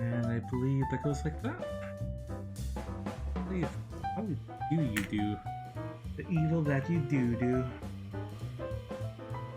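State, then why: Not seated. A plastic part of a Gunpla model kit is handled and pushed toward its socket in the arm assembly while someone talks over background music. Two brief sudden sounds come at about 2.6 s and 3.1 s. Nothing has seated or clicked yet.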